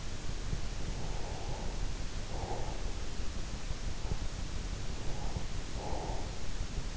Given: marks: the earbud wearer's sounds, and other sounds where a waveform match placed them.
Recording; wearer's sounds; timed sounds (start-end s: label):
sounds in sleep by an in-ear microphone; breath
0.42-3.15 s: breath
4.58-6.72 s: breath